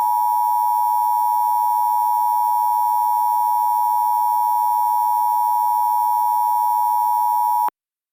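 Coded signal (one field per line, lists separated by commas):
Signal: Emergency Alert System (SAME) tones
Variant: 853 and 960 Hz attention tone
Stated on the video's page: Reenactment mock of a Severe Thunderstorm Warning from NWS Jackson, Kentucky, using valid EAS tones.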